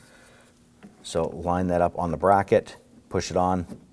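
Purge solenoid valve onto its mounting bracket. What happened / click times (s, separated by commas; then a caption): The part is lined up and pushed on, but has not yet snapped home / none. A new vapor canister purge solenoid valve, a self-locking part, is lined up on its mounting bracket and pushed on in a 2008-2011 Ford Focus 2.0L L4 while someone talks. Only a faint bump near 0.8 s is heard under the voice, and nothing has seated or clicked yet.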